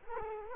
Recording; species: mosquito wingbeat signal from an infrared sensor; Culex quinquefasciatus